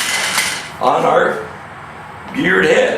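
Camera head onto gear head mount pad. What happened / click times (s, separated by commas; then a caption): Part handled, not yet seated; no seating click / none. Someone talks while a FinishLynx camera head is handled and hooked onto the toothed pad of a gear head mount, with soft handling noises around the speech. The clip ends before the head is pressed down, so nothing has seated or clicked yet.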